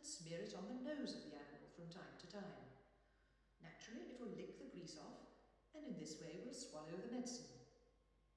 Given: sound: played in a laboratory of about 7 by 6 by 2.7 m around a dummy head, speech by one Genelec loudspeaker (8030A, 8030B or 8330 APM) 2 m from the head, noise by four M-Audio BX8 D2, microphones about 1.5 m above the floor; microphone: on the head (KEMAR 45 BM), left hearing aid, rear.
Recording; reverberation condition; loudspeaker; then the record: female speech in English; high; 150 degrees to the left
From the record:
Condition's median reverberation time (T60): about 1300 ms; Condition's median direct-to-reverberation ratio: about -4.0 dB